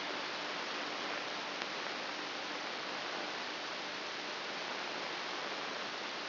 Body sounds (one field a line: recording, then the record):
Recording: brain microelectrode recording played as sound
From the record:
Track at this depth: inside the subthalamic nucleus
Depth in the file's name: 6.001 mm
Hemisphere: right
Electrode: 2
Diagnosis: Parkinson's disease